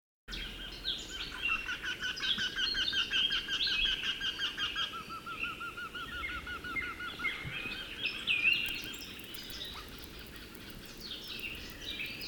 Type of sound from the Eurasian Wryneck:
call